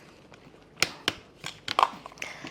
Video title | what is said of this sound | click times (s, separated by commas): We Canned It Now What??? | and this whole thing folds down. You can lock this into place | 0.8 s, 1.1 s